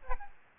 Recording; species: mosquito wingbeat signal from an infrared sensor; Aedes albopictus